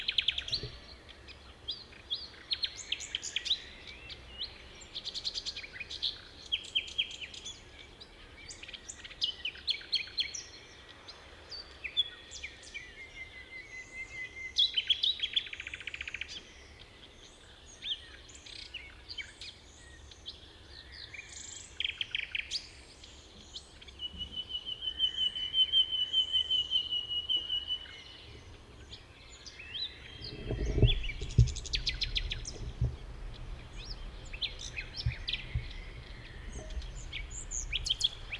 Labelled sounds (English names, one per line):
Common Nightingale song